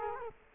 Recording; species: mosquito wingbeat signal from an infrared sensor; Culex quinquefasciatus